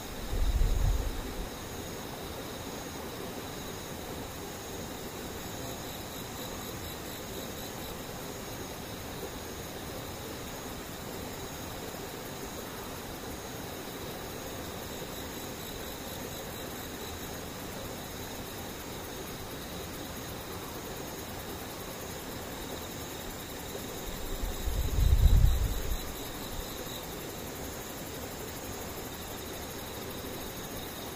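Insects hum quietly and steadily, with thin, unbroken high tones running through the whole recording over a faint, even hiss. There are soft low rumbles at the very start and again around 25 seconds; otherwise the scene stays calm and unchanging.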